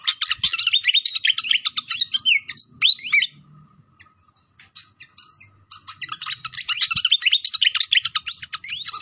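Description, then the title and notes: Pied fantail song: fast, scratchy warbled chatter with a few looping whistles, a near-silent gap in the middle, then the chatter returns. Masteran training recording of a clear-voiced song mixed with the sound of trickling water; the notes also name Sikatan Londo. "Masteran Sikatan Kipas Suara Jernih Dan Suara Gemericik Air. Suara Burung Sikatan Londo"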